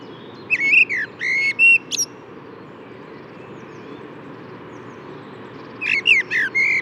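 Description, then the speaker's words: Common blackbird song: two fluty warbled phrases ending in high squeaky twitters, separated by a long pause, over steady low background rumble. Single blackbird singing perched at the top of a horse chestnut tree with opening buds, despite background noise; Bois de Vincennes, 6 April 2018. "Je vous propose le chant d'un merle noir perché au sommet d'un marronnier dont les bourgeons éclosent, un gros bourgeon tout duveteux, très, très joli."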